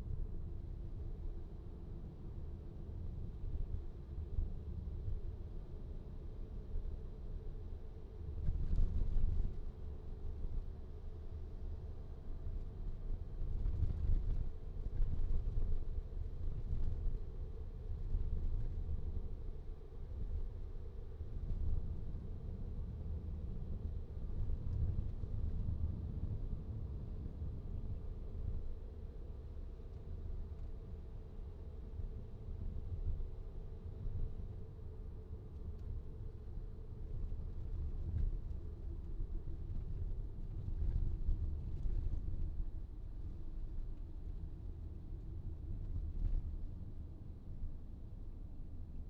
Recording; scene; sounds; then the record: everyday scene through a hearing-aid microphone; in a vehicle; engine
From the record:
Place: VW T5 Caravelle, diesel engine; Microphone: in the ear canal, right